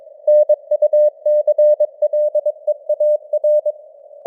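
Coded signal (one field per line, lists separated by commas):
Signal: Morse code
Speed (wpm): 22 wpm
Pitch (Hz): 600 Hz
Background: none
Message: NUCLEAR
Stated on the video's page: Computer-generated news headlines in Morse at 22 wpm with simulated radio noise and fading (QSB).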